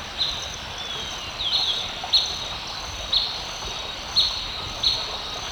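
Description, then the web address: Blackish Pewee repeating crisp, high single chips, several in all, over a constant insect hum. Recorded in Ecuador. "S America Birds of Ecuador. Blackish Pewee"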